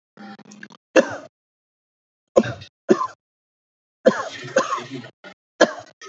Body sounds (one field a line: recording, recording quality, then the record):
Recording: heavy voluntary cough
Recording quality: moderate, slight background noise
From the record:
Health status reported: healthy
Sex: male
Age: 44 years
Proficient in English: yes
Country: India